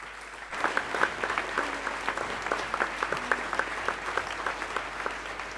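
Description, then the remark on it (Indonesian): An audience at a Christmas church service breaks into applause for God after a short quiet moment, a steady wash of many hands clapping with some sharper individual claps standing out, continuing evenly throughout. “Berikan sekali lagi tepuk tangan untuk Tuhan kita.”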